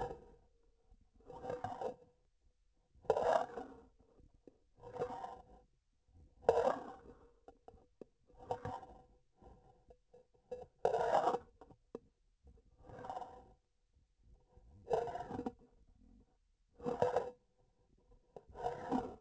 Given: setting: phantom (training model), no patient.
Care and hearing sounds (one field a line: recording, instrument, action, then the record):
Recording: laparoscopic instrument, vibration sensor on the handle end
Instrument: grasping forceps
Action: approaching and retracting movements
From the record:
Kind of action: spatial motion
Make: Olympus